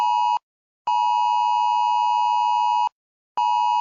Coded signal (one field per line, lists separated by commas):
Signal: Emergency Alert System (SAME) tones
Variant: 853 and 960 Hz attention tone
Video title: my zombie EAS SCENARIO (WIP)